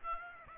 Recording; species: mosquito wingbeat signal from an infrared sensor; Aedes aegypti